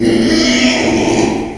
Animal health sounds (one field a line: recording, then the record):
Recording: squeal of a Yucatan mini pig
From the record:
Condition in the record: after surgery on the right vocal fold (resection and tissue-engineered implant)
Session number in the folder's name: 2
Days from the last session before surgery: 13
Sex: male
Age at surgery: 12 weeks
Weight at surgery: 13 kg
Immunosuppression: cyclosporine, prednisolone